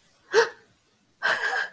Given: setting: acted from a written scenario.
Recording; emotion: vocal sound without words; fear